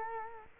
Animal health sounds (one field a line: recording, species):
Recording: mosquito wingbeat signal from an infrared sensor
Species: Culex quinquefasciatus